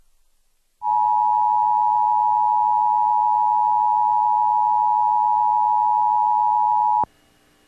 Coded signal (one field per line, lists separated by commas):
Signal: Emergency Alert System (SAME) tones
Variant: 853 and 960 Hz attention tone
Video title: EAS Severe Thunderstorm Watch – Evansville, IN (9/10/2008)